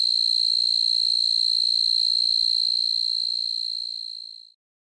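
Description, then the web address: Fast-calling tree cricket giving a steady, high, unbroken trill that fades out and ends just before the final half second of silence. "The Songs of Insects. Fast-calling Tree Cricket"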